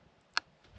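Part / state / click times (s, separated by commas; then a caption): night latch on a steel coil-spring foothold trap / seated / 0.4 s. The night latch on a steel 1.5 coil-spring foothold trap is engaged while the trap is being set. It catches with one sharp, bright click at 0.4 s against quiet low background noise. The latch is seated and the trap is ready.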